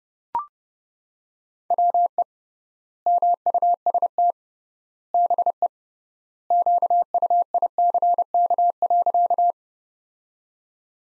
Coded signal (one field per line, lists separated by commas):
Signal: Morse code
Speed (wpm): 30 wpm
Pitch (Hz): 700 Hz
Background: none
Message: WE MUST BE QUICK.